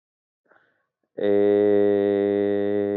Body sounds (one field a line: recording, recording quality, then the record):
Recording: sustained vowel as in made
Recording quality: excellent, no background noise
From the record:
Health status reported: COVID-19 positive, mild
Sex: male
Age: 23 years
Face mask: not worn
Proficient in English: yes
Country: India